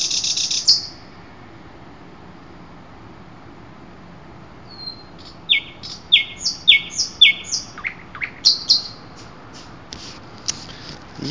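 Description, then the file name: Common nightingale song: a brief buzzy burst, a long pause, then repeated loud flat notes, sharp downslurs and quick high chips before silence. Recorded 12 June 2008. "nightingale-080612"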